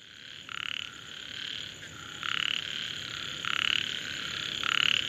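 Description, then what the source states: Indian bullfrog: short croaking bursts, four loud ones spaced one to two seconds apart over steady background noise. Mating call, India; bright lemon yellow frog inflates a deep navy blue to dark purple neck when calling, sending ripples across the water surface.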